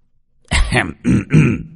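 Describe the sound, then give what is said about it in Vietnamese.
A light cough made of three short, rough, throaty bursts in quick succession, moderately loud and heard alone. “Ho nhẹ một tiếng, Vương Thông Thiên phản bác.”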